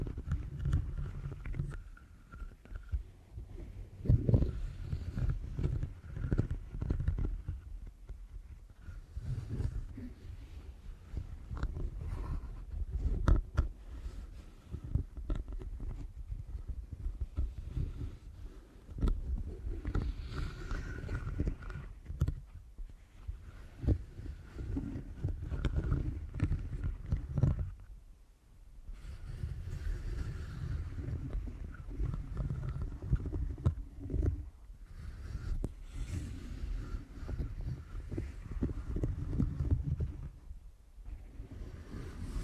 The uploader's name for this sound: ASMR Deep Ear Canal Massage